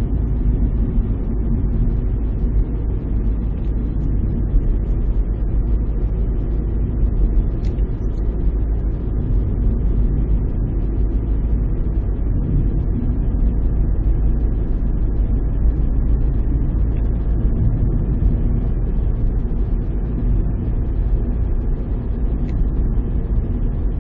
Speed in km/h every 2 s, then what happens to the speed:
44, 42, 42, 41, 41, 40, 40, 40, 43, 44, 44, 43.
0-24 steady at about 42.